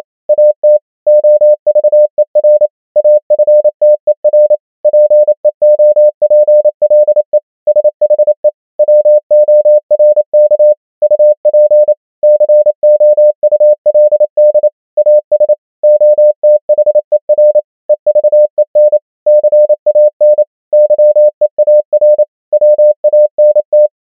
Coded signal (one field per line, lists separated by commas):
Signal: Morse code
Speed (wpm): 28 wpm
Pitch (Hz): 600 Hz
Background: none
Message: AT OVER AFTER PEOPLE SHE WORK UP COULD AS OTHER EVEN CAN YEAR WANT